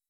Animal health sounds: hydrophone in a shrimp aquaculture tank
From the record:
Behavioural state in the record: weakened

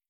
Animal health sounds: hydrophone in a shrimp aquaculture tank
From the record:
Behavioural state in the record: stressed

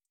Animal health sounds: hydrophone in a shrimp aquaculture tank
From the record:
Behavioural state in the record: feeding

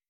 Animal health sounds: hydrophone in a shrimp aquaculture tank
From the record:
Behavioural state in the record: weakened

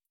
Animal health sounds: hydrophone in a shrimp aquaculture tank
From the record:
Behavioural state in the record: starved

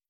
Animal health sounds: hydrophone in a shrimp aquaculture tank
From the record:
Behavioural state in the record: starved

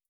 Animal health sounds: hydrophone in a shrimp aquaculture tank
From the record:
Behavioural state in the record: starved

